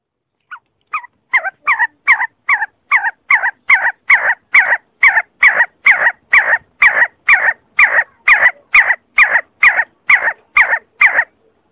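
See-see partridge call series starting with a few softer notes, then building into loud, harsh calls repeated about twice a second.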